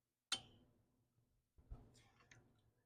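A cylinder head bolt is turned backwards in the cylinder block thread of a Honda GX 340 small engine, and a sharp click at 0.3 s marks the top thread being pulled back and dropping into the groove, then decays. Softer scraping and ticking follow from about 1.6 s, with a faint tick near 2.3 s, and the bolt thread is seated in its start position.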